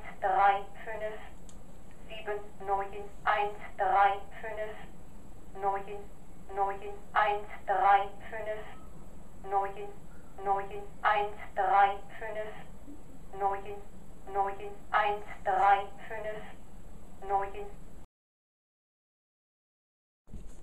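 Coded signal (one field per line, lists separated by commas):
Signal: numbers station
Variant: German female machine voice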